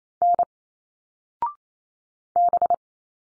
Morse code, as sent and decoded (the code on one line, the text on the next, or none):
-. / -...
N B